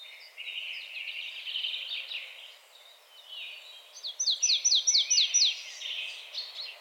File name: Poecile palustris